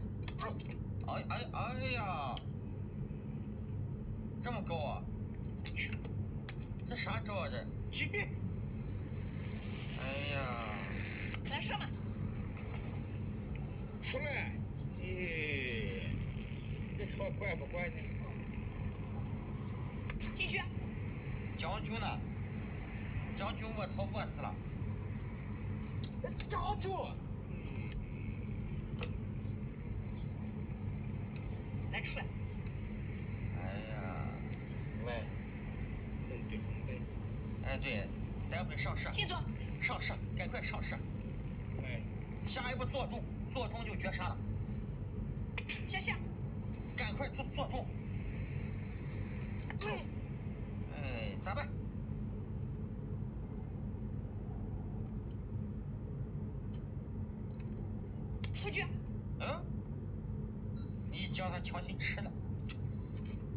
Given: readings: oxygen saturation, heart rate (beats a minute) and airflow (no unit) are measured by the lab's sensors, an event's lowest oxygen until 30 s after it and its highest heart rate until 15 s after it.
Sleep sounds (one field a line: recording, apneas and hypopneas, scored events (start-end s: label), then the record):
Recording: a person awake in a sleep study, by a smartphone at the bedside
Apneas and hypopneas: none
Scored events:
0.00-63.57 s: awake
From the record:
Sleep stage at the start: awake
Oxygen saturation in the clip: 95 to 96%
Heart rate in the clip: 76 to 81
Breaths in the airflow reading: 16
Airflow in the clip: -4.0 to 5.3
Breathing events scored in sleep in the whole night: 131 in 7.2 hours asleep